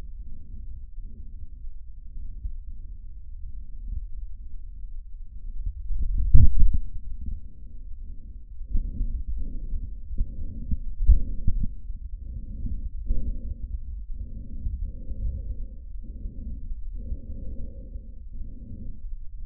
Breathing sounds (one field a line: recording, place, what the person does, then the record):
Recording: lung sounds by stethoscope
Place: trachea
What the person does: quiet breathing, then deep breathing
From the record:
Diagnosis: COPD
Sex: male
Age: 72 years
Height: 172 cm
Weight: 58.6 kg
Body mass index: 19.8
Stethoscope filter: bell mode